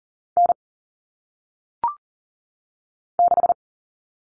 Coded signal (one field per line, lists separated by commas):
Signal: Morse code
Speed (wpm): 40 wpm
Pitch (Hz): 700 Hz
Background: none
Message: N 6